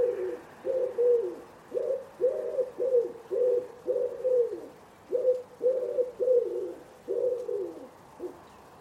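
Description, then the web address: Common Wood Pigeon song, a long series of throaty, hollow coos grouped in repeated rhythmic phrases over a quiet background. Bird-only recording from a 2025 soundscape bird dataset. "cianscape. Deverinetal"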